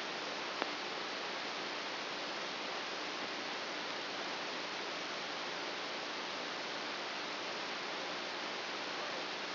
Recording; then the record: brain microelectrode recording played as sound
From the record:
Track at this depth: inside the subthalamic nucleus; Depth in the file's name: 2.205 mm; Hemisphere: right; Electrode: 2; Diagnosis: Parkinson's disease